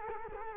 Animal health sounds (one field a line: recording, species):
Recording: mosquito wingbeat signal from an infrared sensor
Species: Culex quinquefasciatus